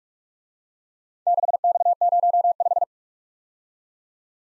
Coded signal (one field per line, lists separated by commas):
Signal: Morse code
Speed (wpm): 44 wpm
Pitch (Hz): 700 Hz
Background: none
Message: 6X05